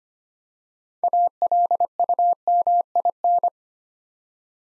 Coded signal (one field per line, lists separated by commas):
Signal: Morse code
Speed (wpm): 25 wpm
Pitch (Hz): 700 Hz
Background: none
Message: ALUMIN